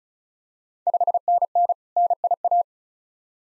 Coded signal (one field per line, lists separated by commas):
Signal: Morse code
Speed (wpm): 36 wpm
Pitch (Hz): 700 Hz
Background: none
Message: 5NN NIA